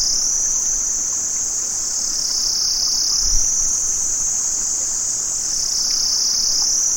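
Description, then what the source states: Shrill cicada drone, continuous and high, swaying slowly up and down in pitch, with a brief low thump midway. Cicadas recorded in Vietnam.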